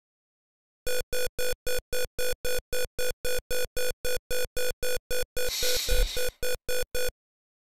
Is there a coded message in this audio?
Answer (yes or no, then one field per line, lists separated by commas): no